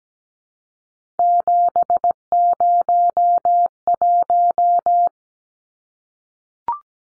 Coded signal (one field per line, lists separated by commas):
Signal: Morse code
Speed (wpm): 17 wpm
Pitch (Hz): 700 Hz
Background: none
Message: 701